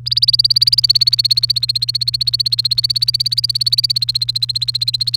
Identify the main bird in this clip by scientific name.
Serinus canaria